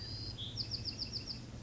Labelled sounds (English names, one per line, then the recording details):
Bewick's Wren
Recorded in Sonoma County, California